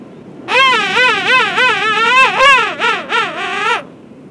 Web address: king penguin